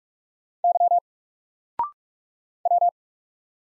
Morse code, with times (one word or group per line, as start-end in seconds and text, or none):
0.6-1.0 Y
2.7-2.9 W